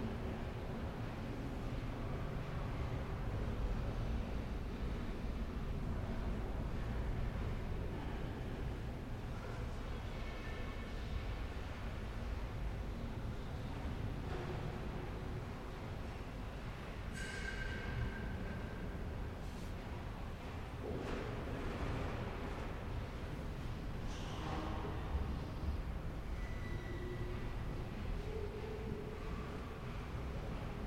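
Wooden gates on the cathedral stalls open and close as people come to sit down, giving scattered knocks and clicks, the sharpest around 17, 20 and 25 seconds. A dense, steady low rumble runs throughout, with brief squeaks and murmurs rising above it.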